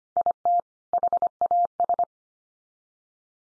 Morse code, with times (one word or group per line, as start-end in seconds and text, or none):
0.2-0.6 IT
0.9-2.0 HAS